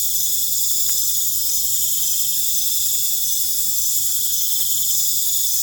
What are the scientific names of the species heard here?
none